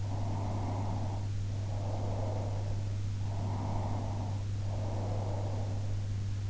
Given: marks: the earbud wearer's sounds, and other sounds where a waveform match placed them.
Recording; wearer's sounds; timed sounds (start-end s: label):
sounds in sleep by an in-ear microphone; breath
0.23-2.74 s: breath
3.53-5.87 s: breath